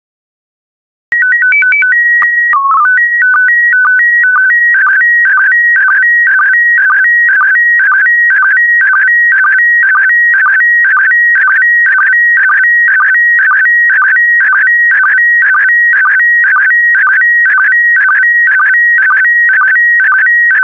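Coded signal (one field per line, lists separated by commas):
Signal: SSTV (slow-scan television)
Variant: PD120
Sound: short tone header, then a steady warbling scan with regular clicks twice a second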